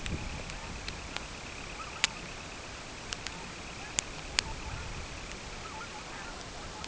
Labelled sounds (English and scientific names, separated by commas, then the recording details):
Semipalmated Sandpiper (Calidris pusilla), unidentified sound
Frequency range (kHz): Semipalmated Sandpiper (Calidris pusilla) 1.9-3.2 kHz
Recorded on Arctic tundra, site CORI-1, on 12 June 2018
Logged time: 08:00